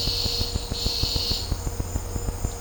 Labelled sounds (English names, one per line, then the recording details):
none
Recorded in dense forest near Puerto Asís, Putumayo, Colombia, on 26 December 2024 at 11:30
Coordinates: 0.503, -76.323
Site G043